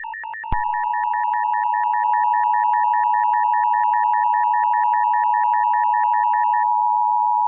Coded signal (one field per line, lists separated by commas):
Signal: Emergency Alert System (SAME) tones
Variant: 853 and 960 Hz attention tone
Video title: EAS Alarm: VV got Furious - Part 2